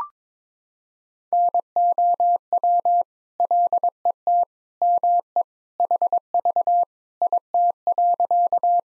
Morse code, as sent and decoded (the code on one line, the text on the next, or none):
-. --- .-- / .-.. . - / -- . / .... ...- / .. - .-.-.-
NOW LET ME HV IT.